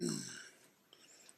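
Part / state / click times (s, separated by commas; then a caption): polymer rifle furniture piece onto the rifle receiver at the pin holes / seated / 0.9 s. A green polymer HK G3-style furniture piece is lined up on the pin holes of a rifle receiver and pushed home while someone talks. A sharp click at 0.9 s marks it snapping into place, and it is seated.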